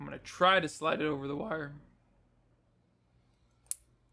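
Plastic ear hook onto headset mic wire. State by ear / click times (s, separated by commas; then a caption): seated / 3.7 s. A medium-sized plastic ear hook of a headset microphone is slid over the wire and pushed until it snaps into place. Someone talks for the first two seconds, then after a quiet stretch a single sharp, bright click is heard at 3.7 s. The ear hook is seated on the wire.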